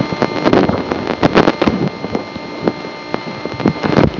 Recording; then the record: brain microelectrode recording played as sound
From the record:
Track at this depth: outside the subthalamic nucleus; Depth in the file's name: 0.049 mm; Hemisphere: left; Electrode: 3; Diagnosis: Parkinson's disease